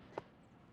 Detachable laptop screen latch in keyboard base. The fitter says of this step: you hear that click? Well, now I can detach, oh God.